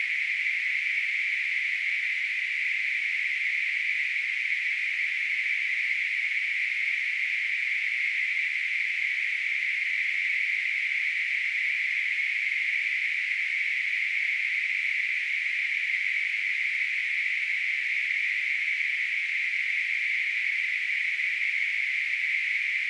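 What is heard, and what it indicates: A steady, unbroken high-pitched hiss, a band of noise centred around 2 kHz, holds constant for about 23 seconds with no breaks or rhythm. It is a simulated tinnitus sound, imitating the continuous ringing or hissing a person with tinnitus hears.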